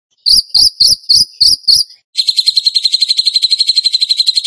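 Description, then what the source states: Bird song opening with six separate sharp high chips, then a brief gap and a fast continuous chattering trill. Masteran training recording in the tembakan gacor style.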